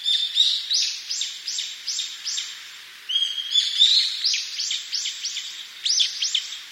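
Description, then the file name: Brown-eared bulbul calling in rapid strings of shrill, grating notes, two runs separated by a brief pause. "hiyodori"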